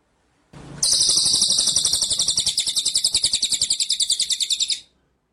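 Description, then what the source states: White-rumped shama song: an unbroken four-second string of rapid, high-pitched buzzy notes, evenly pulsed throughout, then a sudden stop. Masteran (training) track of full song in ngerol (rolling) and nembak (shooting) style.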